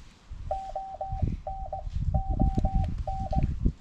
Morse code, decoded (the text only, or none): ONON